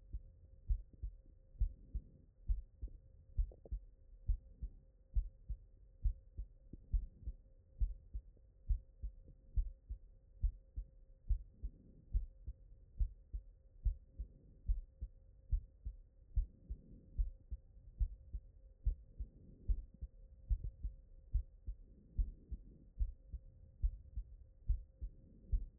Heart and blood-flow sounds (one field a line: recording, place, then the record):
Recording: heart sounds by stethoscope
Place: mitral valve (MV)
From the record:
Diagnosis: non-HFrEF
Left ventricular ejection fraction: 52%